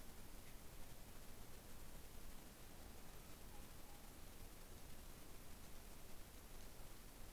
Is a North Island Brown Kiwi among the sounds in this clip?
no